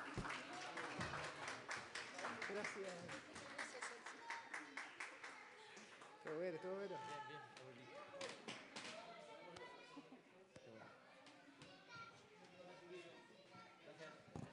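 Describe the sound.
Dense audience applause for a band after a live performance with flute and viola da gamba, loudest in the first few seconds, with a crowd of voices shouting and chattering over it as the clapping thins out but continues underneath.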